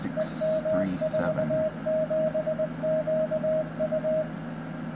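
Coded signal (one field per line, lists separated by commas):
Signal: Morse code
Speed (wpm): 19 wpm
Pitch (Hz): 630 Hz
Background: speech, radio noise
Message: EM47QU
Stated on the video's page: Morse signal generated by an Etherkit Si5351a doing up-conversion.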